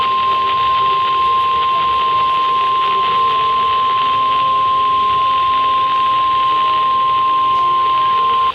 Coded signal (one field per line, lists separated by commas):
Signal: Emergency Alert System (SAME) tones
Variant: 1050 Hz attention tone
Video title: Top 10 EAS Alerts of 2016